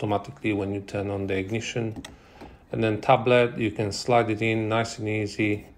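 A tablet in its fitted case is slid into the handlebar-mounted cradle on the rally tower of a GasGas ES 700 motorcycle while someone talks throughout. Nothing has seated or clicked yet; the tablet is still being handled and has not locked into place.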